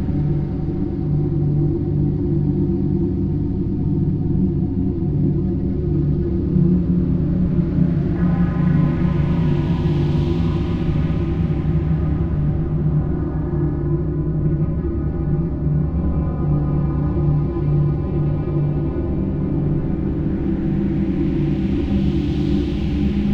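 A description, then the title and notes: A steady, dense low drone hums throughout, with faint ringing tones and two soft airy swells rising and fading around ten and twenty-one seconds. The winds pick up...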